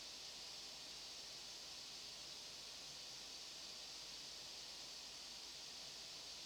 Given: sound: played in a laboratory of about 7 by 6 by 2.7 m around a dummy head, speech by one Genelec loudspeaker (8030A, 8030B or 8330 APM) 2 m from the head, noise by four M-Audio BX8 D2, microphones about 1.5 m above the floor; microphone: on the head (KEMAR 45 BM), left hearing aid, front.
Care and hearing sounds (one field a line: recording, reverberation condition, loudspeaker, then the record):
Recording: white noise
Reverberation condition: low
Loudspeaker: four, about 170 cm from the corners of the room and facing them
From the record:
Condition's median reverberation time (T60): about 310 ms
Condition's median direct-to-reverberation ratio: about 3.5 dB